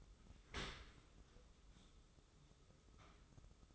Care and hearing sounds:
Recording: daily activity, microphone in the room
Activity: open dishwasher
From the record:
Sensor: 3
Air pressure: 995.8 hPa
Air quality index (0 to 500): 97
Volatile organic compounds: 13 ppm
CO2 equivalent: 2423 ppm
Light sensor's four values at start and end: 28/84/35/30 and 28/84/35/30

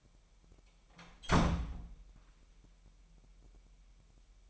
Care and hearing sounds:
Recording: daily activity, microphone in the room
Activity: close door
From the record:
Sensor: 1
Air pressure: 998.4 hPa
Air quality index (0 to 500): 134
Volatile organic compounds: 4 ppm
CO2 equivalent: 1606 ppm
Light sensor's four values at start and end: 18/60/24/25 and 18/60/24/25

